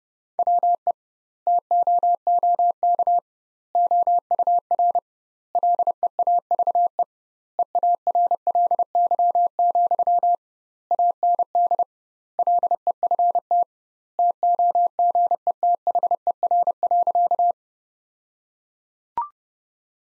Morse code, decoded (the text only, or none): WE TOOK OUR LEAVE EARLY, AND LEFT TOGETHER.